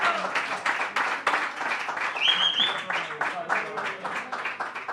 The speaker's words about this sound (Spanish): a los que pedimos un fuerte aplauso, aludidos, que nos van a regalar unos temitas.